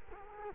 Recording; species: mosquito wingbeat signal from an infrared sensor; Culex quinquefasciatus